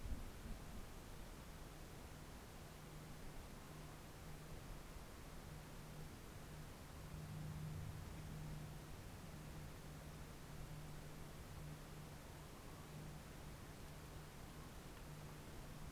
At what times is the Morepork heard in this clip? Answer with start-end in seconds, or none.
12.35-12.88